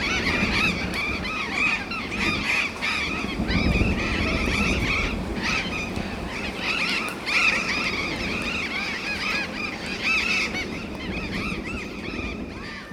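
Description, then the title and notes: Burrowing parrots calling as a flock, a dense, continuous mix of rasping screeches and squawks, with a low traffic-like rumble underneath throughout. Several burrowing parrots (Cyanoliseus patagonus) at an urban street corner in a university neighbourhood, January 2015, 20:32 in the evening. "Loros barranqueros (Cyanoliseus patagonus). Av. Alem esq. Uruguay. B° Universitario. /1/2015-20:32hs Por Daniela Del Gobbo"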